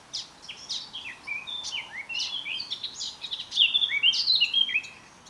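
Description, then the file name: Eurasian blackcap delivering a rapid, varied warble of slurred whistles and chattering notes, rising and falling, growing louder toward the end before fading. "Sylvia atricapilla"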